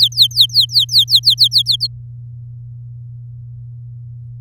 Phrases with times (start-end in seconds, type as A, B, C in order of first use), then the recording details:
0.00-1.87 A. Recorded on 7 May 2018 at 16:06. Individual llb16